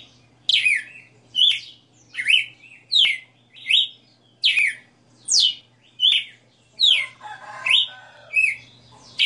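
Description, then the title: Red-cowled cardinal whistling a run of bright, down-sweeping notes, with a brief lower buzzy passage toward the end and a faint hum. Female red-cowled cardinal singing live; song style called 60 notas (sixty notes). "Canto Galo Campina Fêmea 02. Galo de Campina 60 NOTAS Cantando Ao vivo"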